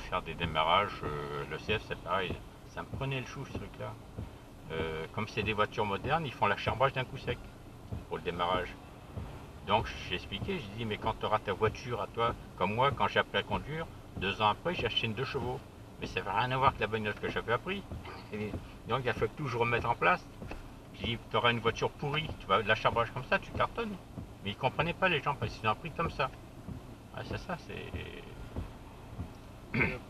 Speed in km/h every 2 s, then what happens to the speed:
0, 0, 1, 0, 0, 0, 0, 0, 0, 1, 0, 0, 0, 0, 1.
0-30 standing.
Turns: none.